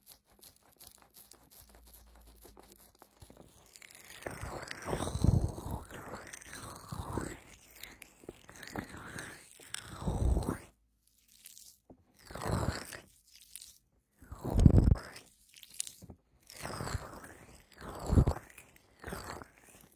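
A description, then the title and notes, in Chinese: Wet, sticky squelching from aloe gel being worked over skin in a massage, with no voice. After a quiet first few seconds of faint ticking, moist smacking bursts come in rhythmic clusters about every two seconds, separated by brief silences. 湿湿、黏黏的~ 芦荟胶(无人声)全身按摩。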